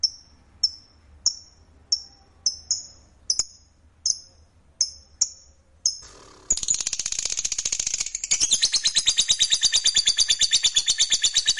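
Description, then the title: Lovebird calling with sharp high chirps repeated at short intervals, then breaking into a dense, rapid buzzy chatter that continues to the end. "Suara Lovebird"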